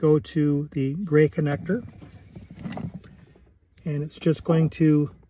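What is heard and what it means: Someone talks while handling a crimped wire terminal and guiding it toward a cavity of a gray plastic wiring harness connector during a high-beam-to-spot mirror mod. Faint handling ticks come in a pause in the speech, around 2.6 to 3.0 seconds. Nothing has seated or clicked yet.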